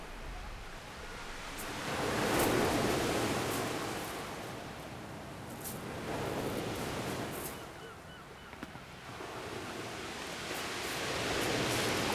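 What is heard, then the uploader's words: Surf on the beach at Étretat rolls in and recedes in broad hissing swells every few seconds, with light wind and brief pebble clicks. Étretat. Afternoon, Beach.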